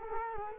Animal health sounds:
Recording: mosquito wingbeat signal from an infrared sensor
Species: Culex quinquefasciatus

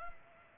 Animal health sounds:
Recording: mosquito wingbeat signal from an infrared sensor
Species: Culex pipiens

